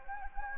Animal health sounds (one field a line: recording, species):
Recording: mosquito wingbeat signal from an infrared sensor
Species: Anopheles gambiae